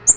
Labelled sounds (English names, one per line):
Yellow-rumped Warbler flight call